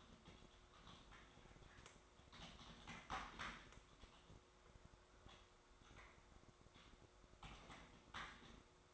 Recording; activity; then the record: daily activity, microphone in the room; typing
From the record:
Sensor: 3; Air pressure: 1004.4 hPa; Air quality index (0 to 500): 196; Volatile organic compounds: 14 ppm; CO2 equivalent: 2455 ppm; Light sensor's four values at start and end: 6/16/5/6 and 6/16/6/6